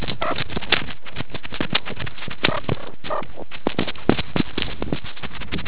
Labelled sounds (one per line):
meerkat close call